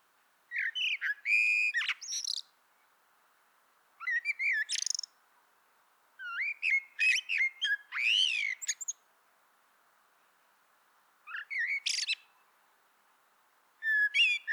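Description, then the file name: Common blackbird singing: phrases of fluty whistles followed by high squeaky twittering, separated by short pauses. "Turdus merula"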